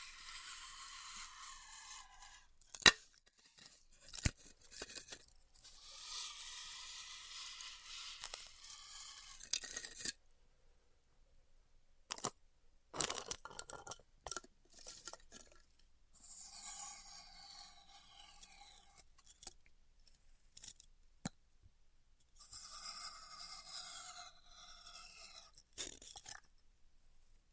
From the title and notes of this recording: ASMR Styrofoam Heat Cutting (No Talking).